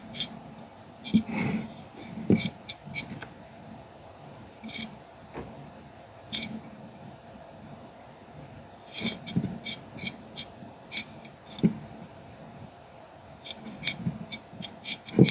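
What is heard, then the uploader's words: Colouring pencil work on paper, with soft scratchy strokes and light rustling. Bursts of quick, irregular scribbling cluster around one to three seconds, nine to twelve, and near the end, separated by quieter stretches with faint taps and clicks over a low, steady hum. Sounds of colouring pencil work and paper massage. Colouring the soft, circular puffs of sheep’s wool, with some wobbles thrown.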